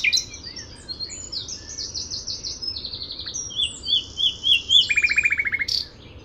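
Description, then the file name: Common nightingale song of fast trilled notes, then swelling whistled notes and a rapid dry rattle at the end; soft background hum. "Luscinia megarhynchos"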